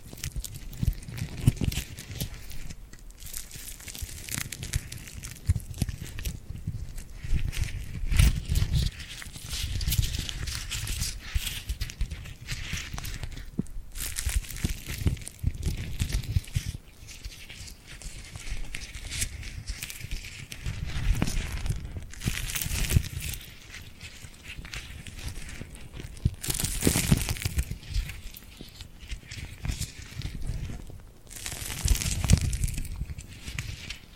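Tingly glued hand sounds: sticky skin pulling apart and pressing together in a dense, continuous run of crackling, crinkly peeling noises. The texture is bright and hissy with a soft low thump underneath, swelling into louder bursts every few seconds, notably around 22, 27 and 32 seconds.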